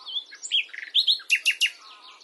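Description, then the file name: Common nightingale song, a brief phrase of varied chirps and slurred notes ending in three loud, sharp repeated notes. "Luscinia megarhynchos"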